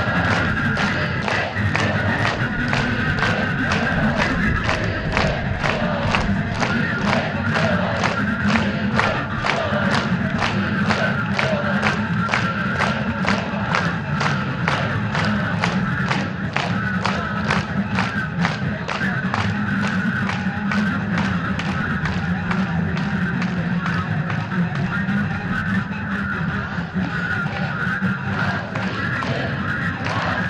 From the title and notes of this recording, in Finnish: Kaikki projektin äänet ovat aitoja, dokumentaarisia ääniä, jotka on nauhoitettu Valkovenäjällä meneillään olevissa mielenosoituksissa.